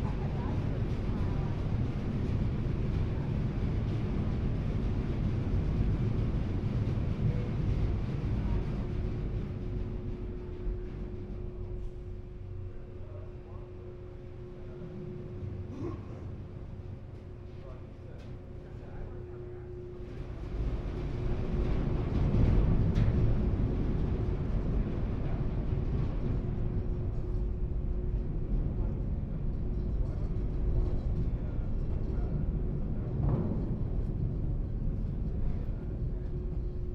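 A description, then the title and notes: Aboard a ferry on the front passenger deck during landing, a deep engine rumble fills the space with a steady low hum tone running through it. The drone eases around the middle, then swells again near 22 seconds, with faint voices and clanks underneath. Bainbridge Outbound Front Passenger Deck Landing And Disembark - And Weird Gawker Stereo. A days' worth of round-trips on the Seattle-Bainbridge Island Ferry, nearly all short fore-and-aft from then passenger and car decks.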